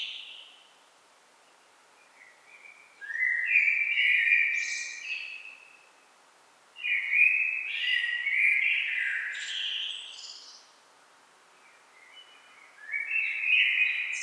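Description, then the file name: Common blackbird, song phrases of low mellow whistles topped by squeaky high notes, repeated after pauses of about two seconds. "Turdus merula"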